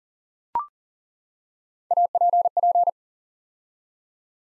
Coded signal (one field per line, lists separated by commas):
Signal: Morse code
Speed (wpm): 40 wpm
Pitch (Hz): 700 Hz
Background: none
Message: APP